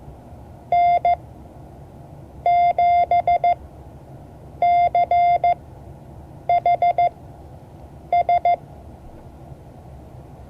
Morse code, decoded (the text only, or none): N7CHS